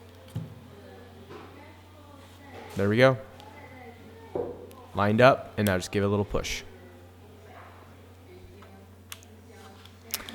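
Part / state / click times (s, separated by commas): waist level viewfinder onto top of camera body / seated / 9.1 s, 10.1 s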